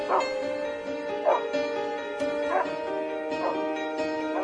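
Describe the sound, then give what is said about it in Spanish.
Dogs bark over and over at a fairly even pace, about one bark a second, above a steady sustained tonal drone that runs underneath the whole time. “Se tapa los ojos y escucha, escucha, escucha de perros, ladridos oscuros, colmillos de incienso.”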